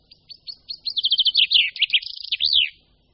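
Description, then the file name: Common chaffinch delivering a single complete song, spaced opening notes speeding into a descending trill and finishing with a looping terminal flourish. "Pěnkava obecná"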